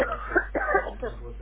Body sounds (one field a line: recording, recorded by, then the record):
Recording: voluntary cough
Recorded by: telephone call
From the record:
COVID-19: positive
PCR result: checked with the laboratory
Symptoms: no